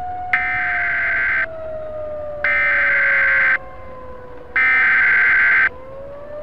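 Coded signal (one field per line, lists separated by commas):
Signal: Emergency Alert System (SAME) tones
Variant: header bursts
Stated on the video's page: Fictional remastered EAS scenario using a weather radio template.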